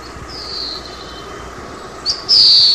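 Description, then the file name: Oriental greenfinch song: a long, drawn-out high note that fades, a short sharp note, then a loud sustained high note to the end over a soft steady hiss. "방울새"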